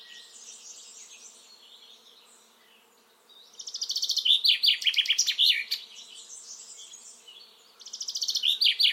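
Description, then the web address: Common chaffinch: softer background twittering, then a descending rattling song phrase with a flourishing end midway, and another phrase starting at the close. "Deverinetal 2025 File origin Bird Only Fr Co"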